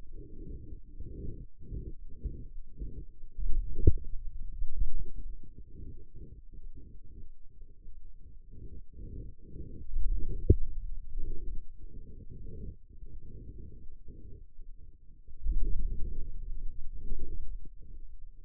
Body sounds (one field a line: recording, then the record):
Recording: forearm muscle sounds (acoustic myography)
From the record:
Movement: hand closing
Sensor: system 2, bracelet of six BSWA MPA416 microphones around the upper forearm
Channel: 6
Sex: male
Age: 22 years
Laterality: right